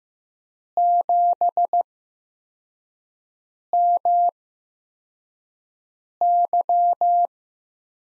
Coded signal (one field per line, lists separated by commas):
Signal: Morse code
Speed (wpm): 15 wpm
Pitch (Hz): 700 Hz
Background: none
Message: 7MY